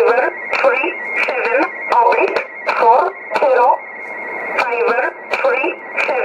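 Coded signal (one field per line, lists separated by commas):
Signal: numbers station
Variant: E11 Oblique, English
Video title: 28 02 2018 E11 Oblique Numbers station in English to Eu 0900 on 9446 unknown tx site in USB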